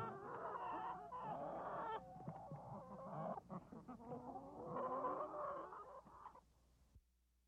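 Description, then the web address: Chickens clucking and cackling in a busy overlapping chorus, fading out near the end. Recorded in a chicken coop. "Bobby Cole Chicken-Coop"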